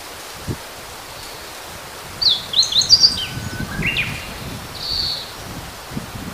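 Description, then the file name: Meadow bunting song, a quick jumble of high chirped and slurred notes lasting about two seconds, then a short buzz, with light rustle and background noise. Recorded 23 April 2010. "hojiro"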